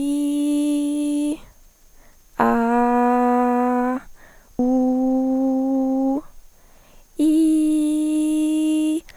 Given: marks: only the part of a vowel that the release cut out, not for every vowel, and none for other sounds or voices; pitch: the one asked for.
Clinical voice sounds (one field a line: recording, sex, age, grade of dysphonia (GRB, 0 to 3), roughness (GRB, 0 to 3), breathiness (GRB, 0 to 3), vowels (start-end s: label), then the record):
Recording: sustained vowels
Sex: female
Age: 18 to 19 years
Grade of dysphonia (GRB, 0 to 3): 0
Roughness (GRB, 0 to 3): 0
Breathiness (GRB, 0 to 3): 0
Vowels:
0.00-1.27 s: vowel /i/, normal pitch
2.64-3.88 s: vowel /a/, normal pitch
4.76-6.04 s: vowel /u/, normal pitch
7.39-8.84 s: vowel /i/, high pitch
From the record:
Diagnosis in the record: healthy voice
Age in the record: 18 years